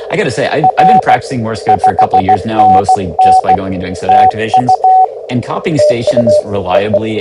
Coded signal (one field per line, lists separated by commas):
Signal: Morse code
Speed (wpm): 16 wpm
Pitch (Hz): 750 Hz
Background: speech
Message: R 5NN TU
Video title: Let’s Play: Morse Runner!